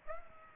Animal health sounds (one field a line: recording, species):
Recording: mosquito wingbeat signal from an infrared sensor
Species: Aedes aegypti